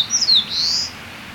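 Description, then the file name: Eastern crowned warbler song, high thin slurred whistles followed by a longer, slightly rising note, over faint background hiss. Recorded on 30 April 2017. "sendaimusikui 170430"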